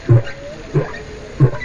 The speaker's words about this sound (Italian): Quella che state sentendo è la registrazione di un'orca, così come la percepisce l'idrofono, un microfono fatto apposta per percepire i suoni sott'acqua e che permette di distinguere i pesci e i cetacei dalle navi. Per esempio, questi sono delfini.